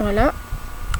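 Someone talks briefly while handling a plastic makeup compact whose lid clips shut into its base, followed by quiet handling noise and a short, sharp tick near the end. The lid has not gone home yet; nothing has seated or clicked.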